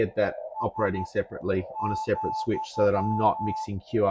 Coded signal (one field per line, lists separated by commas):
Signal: Morse code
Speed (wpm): 12 wpm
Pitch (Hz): 870 Hz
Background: speech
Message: S ,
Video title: SDR Switch - Why I got one?